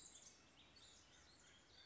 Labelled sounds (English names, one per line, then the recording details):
Common Raven
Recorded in Sonoma County, California